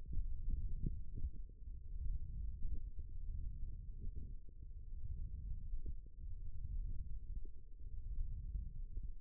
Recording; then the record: forearm muscle sounds (acoustic myography)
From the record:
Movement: thumb flexion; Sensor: system 1, eight BSWA MPA416 microphones around the upper forearm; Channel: 7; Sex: male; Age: 18 years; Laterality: right